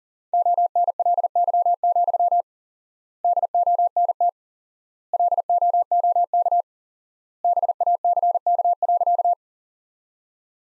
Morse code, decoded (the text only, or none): ONLY, DONT LOOK BACK.